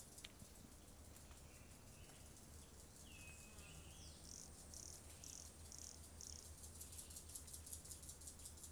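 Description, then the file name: Sulphur pumpkin toadlet: tiny frog calling a run of brief high notes at a steady pace, under a layer of insect buzzing and a low hum, with a falling whistle earlier. Recorded 18 September 2016; local name biquinha; specimen not collected. "Brachycephalus sulfuratus Biquinha not collected 18 set 2016 MRBornschein"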